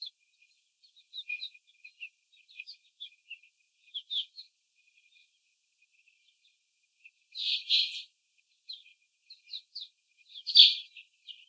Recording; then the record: young laying hens in a cage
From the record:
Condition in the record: after the stressor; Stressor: simulated dog barking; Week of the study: 4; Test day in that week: 3